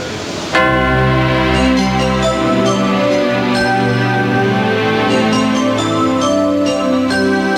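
Church bells across Spain peal together from bell towers at noon on Christmas Eve, broadcast by Cadena SER, in a loud, continuous ringing, overlapping strikes blending into a shimmering wash of bright, sustained tones with deep humming undertones.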